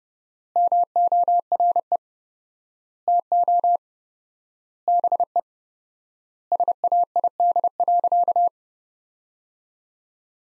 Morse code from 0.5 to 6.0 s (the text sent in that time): MORE TO BE